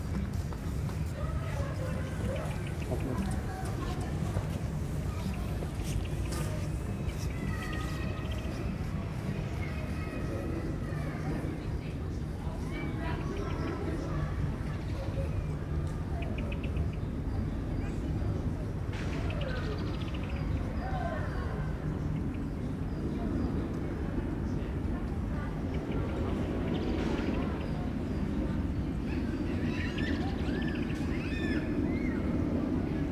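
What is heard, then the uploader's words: Outdoor ambience in a city park, with a steady low rumble of traffic underneath throughout. Voices of people talking drift in and out, and short bright calls break through now and then, notably around 6, 19 and 27 seconds. Bellvile Parc. Its a haven of green surrounded by tall apartments. It sits on a hillside, with winding paths through the foliage that lead upwards. Paris splayed out before me, hugged by the grey winter.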